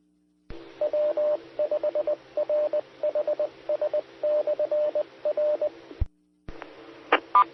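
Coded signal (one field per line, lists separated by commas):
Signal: Morse code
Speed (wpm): 20 wpm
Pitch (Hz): 600 Hz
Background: radio noise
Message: W5RHS/R E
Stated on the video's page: Morse ident of a SKYWARN repeater system on 147.1200 and 146.8050 MHz.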